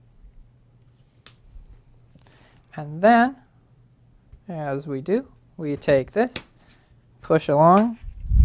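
Someone talks while pushing along the edge of an MSI Stealth 15M laptop's bottom cover to snap its plastic clips back into the chassis, with a brief sharp tick near 1.3 s amid quiet handling sounds. Nothing has seated or clicked yet; the cover is still being handled and not yet home.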